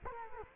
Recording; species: mosquito wingbeat signal from an infrared sensor; Culex quinquefasciatus